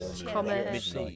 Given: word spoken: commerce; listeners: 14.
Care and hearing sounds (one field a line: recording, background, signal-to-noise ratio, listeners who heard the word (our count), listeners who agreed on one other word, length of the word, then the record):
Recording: one English word in noise, from a listening test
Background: four-talker babble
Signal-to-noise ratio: 0.7 dB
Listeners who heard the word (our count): 1 of 14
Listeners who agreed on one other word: 7 of 14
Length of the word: 0.76 s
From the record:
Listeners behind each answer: 7, 3, 2, 1, 1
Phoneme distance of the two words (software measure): 17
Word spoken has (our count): 2 syllables, 5 phonemes, stress on syllable 1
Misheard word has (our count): 2 syllables, 4 phonemes, stress on syllable 1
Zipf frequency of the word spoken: 3.60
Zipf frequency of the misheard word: 2.81